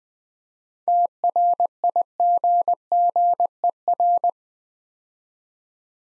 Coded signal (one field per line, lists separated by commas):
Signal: Morse code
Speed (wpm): 20 wpm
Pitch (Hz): 700 Hz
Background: none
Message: TRIGGER